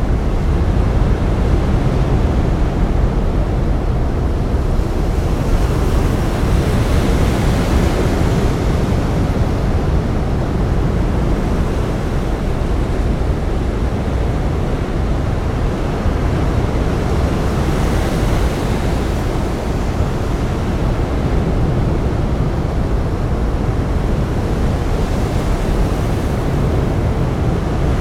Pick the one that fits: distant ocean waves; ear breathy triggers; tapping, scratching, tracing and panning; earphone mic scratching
distant ocean waves